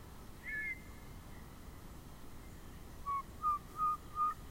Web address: Yellow-breasted Chat